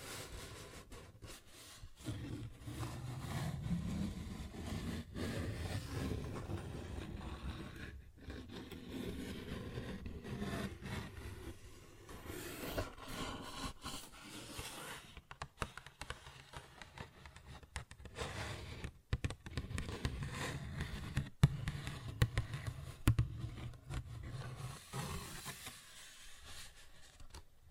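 A paper bag is rubbed and scratched in a steady, dense rustle, with sharper taps and crinkles breaking through irregularly, especially after twenty seconds.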